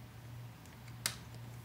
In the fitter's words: so i'm going to put this one back in over here like so you'll hear it click